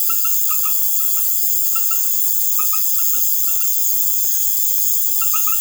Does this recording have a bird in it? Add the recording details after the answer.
no. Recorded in secondary vegetation near Puerto Asís, Putumayo, Colombia, on 12 March 2025 at 20:30. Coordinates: 0.489, -76.322. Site G042